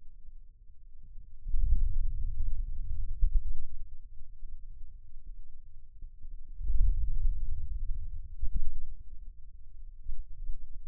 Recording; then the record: forearm muscle sounds (acoustic myography)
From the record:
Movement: hand opening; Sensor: system 2, bracelet of six BSWA MPA416 microphones around the upper forearm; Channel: 1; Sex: male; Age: 22 years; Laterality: right